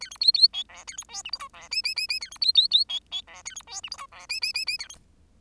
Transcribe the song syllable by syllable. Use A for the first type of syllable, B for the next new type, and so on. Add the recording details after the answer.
A B C C D E A B F G H I E J J J J A B C C C D D E A B F G H I E J J J J A B. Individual Bird10